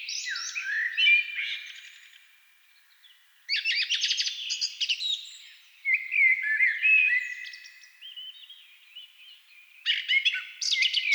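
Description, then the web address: Thrush song: varied fluty and twittering phrases in loud bursts separated by quieter gaps. Several thrushes singing at dusk. "agykontroll CD 3-A természet hangjai Rigók szürkületkor"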